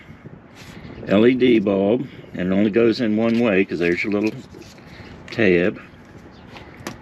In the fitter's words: you just push it in you'll hear it click